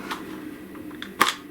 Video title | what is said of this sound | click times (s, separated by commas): portable painter™ unboxing and review | feel it or hear it so this would um lock into place | 1.2 s